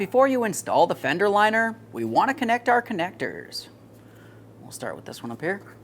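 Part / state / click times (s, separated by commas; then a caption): fog light electrical connector into vehicle harness / not seated / none. Someone talks while handling the upper fog light electrical connector on a 2013-2020 Ford Fusion, about to plug it into the vehicle harness before the fender liner goes on. After the talking, faint handling noise follows. Nothing has seated or clicked yet.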